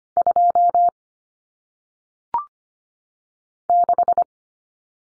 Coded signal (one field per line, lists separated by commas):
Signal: Morse code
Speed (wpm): 25 wpm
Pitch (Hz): 700 Hz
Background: none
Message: 2 6